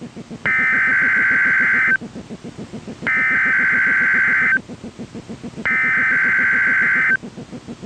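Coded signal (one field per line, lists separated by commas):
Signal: Emergency Alert System (SAME) tones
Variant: header bursts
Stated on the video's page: NOAA Weather Radio weekly test from Ruskin, Florida, taken from an online stream of KHB32; a rubbing noise from the transmitter antenna is audible.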